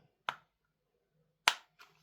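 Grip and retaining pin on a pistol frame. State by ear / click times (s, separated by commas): seated / 0.3 s, 1.5 s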